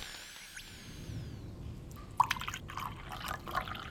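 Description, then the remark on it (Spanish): Water is poured into a cup or glass for someone to drink, a splashy, bubbling gush that starts abruptly after a quiet stretch and continues in uneven spurts with a few drips, over a low background hum. “Toma, hijo. Bebe un poco de agua.”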